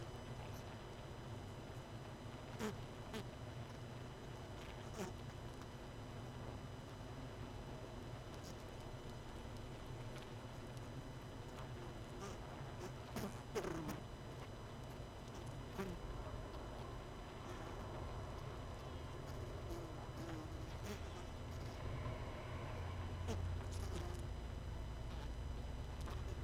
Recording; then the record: honeybee colony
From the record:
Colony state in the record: missing queen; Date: 31 May 2018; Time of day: 21:00